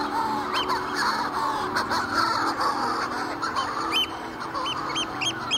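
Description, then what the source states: Manx shearwater chorus of harsh, overlapping howls, with sharp, hooked higher chirps cutting through repeatedly, mostly in the second half. Heard unseen in spring and summer circling the island summit; banshee-like screams and howls that once made the air seem full of demons.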